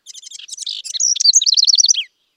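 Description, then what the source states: Bird giving a rapid run of high, sharp chirps that grows louder and settles into a rhythmic series of short notes, then stops abruptly. Bird in a jungle.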